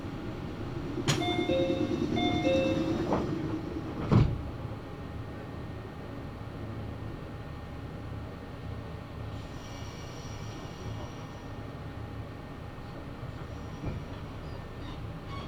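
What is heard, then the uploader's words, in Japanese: A Meitetsu Mikawa Line train rumbles steadily; an alternating two-tone chime and sharp clunks come early, then a quieter, even running hum continues. 名古屋鉄道 三河線（海線）碧南→知立。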